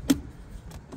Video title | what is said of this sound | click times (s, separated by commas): 2023 EGO 56V Self Propel Mower Close Look | and it locks in a place that way | 0.1 s